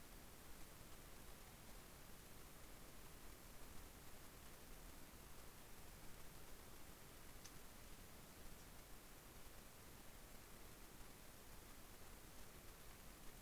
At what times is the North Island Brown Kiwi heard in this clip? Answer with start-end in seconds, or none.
none